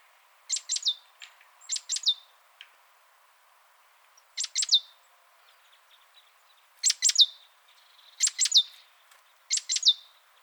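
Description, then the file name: Great tit calls: clusters of two or three sharp, high, downward-slurred notes, repeated irregularly several times over about ten seconds. "Parus major"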